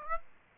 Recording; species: mosquito wingbeat signal from an infrared sensor; Aedes aegypti